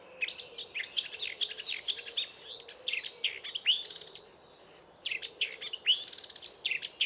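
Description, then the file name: Eurasian blackcap song: dense, hurried chattering warble of scratchy and clicking notes with a few clearer whistled slurs, almost continuous with one short pause. "Sylvia atricapilla"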